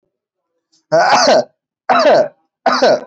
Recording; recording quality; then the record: heavy voluntary cough; excellent, no background noise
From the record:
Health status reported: respiratory illness, not identified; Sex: male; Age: 21 years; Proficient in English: yes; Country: India